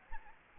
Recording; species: mosquito wingbeat signal from an infrared sensor; Aedes albopictus